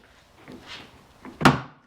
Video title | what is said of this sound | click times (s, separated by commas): 2022 Tundra Chrome Delete - Door Handles - How to Remove & Reinstall | you hear that click we're just gonna pull it out and this one's easy because there's no electrical connection | 1.5 s